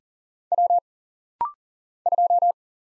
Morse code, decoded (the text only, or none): W 2